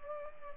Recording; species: mosquito wingbeat signal from an infrared sensor; Culex pipiens